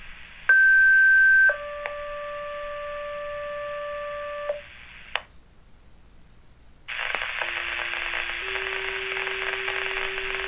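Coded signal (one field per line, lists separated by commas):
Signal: two-tone page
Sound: a one-second high tone, a three-second lower tone, then radio hiss with a low hum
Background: radio static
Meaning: Sequential tone-out that activates fire and EMS pagers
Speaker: the Huntingdon County, Pennsylvania 911 Emergency Services Alerting System. This is only a test.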